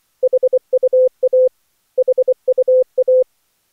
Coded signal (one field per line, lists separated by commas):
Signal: Morse code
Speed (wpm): 15 wpm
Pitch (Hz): 510 Hz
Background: none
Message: HUA HUA